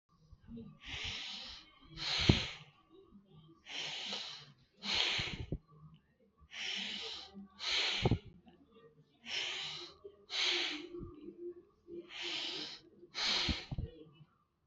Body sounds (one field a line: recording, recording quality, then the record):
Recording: deep breathing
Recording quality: excellent, no background noise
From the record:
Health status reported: healthy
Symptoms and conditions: none ticked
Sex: male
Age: 39 years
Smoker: not ticked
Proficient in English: yes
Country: India